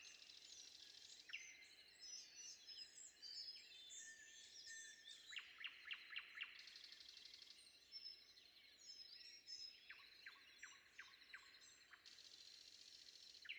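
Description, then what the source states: Common nightingale song with bursts of quick repeated notes between whistled phrases, set against a steady wash of other birdsong. Recorded before dawn.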